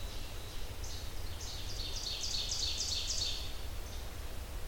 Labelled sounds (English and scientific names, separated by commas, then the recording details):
Ovenbird (Seiurus aurocapilla) song
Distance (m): 55 m
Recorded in boreal forest in Alberta, Canada, on 30 June 2016 at 05:46
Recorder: SongMeter 3, array SBT-6-79
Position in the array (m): 48 m, 107 m
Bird 40